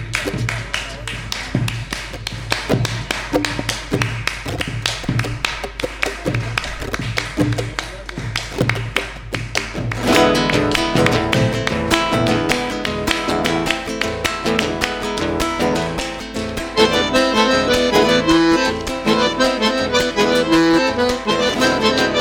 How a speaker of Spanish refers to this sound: Fuerte el aplauso a los bailarines, che. Córranle el micrófono nomás. Eso. El que no baila, aplaude.